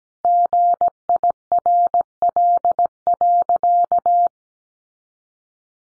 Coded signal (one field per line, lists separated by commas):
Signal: Morse code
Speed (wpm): 17 wpm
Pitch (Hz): 700 Hz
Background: none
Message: GIRL.